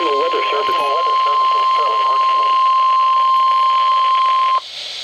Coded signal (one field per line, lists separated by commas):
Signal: Emergency Alert System (SAME) tones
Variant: 1050 Hz attention tone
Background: speech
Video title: Severe Thunderstorm Warning [EAS 434-436] | NOAA Weather Radio (7/19/2012)